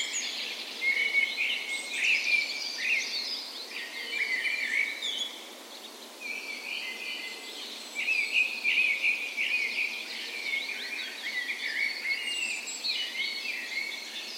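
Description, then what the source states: Birds (dawn chorus): many birds sing at once, a continuous mix of clear whistles, chattering trills and short chirps rising and dipping in loudness. Spring dawn chorus in a park west in Bergen, Norway, morning of 17 May, National Day; recorded with Sony PCM A10 and LOM Usi microphones as tree ears.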